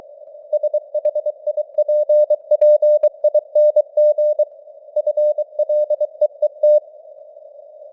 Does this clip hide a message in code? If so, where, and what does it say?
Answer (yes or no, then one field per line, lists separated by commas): yes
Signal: Morse code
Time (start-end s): 0.5-6.8 s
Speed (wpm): 23 wpm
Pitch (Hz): 600 Hz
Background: none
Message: SHIPPING FLEET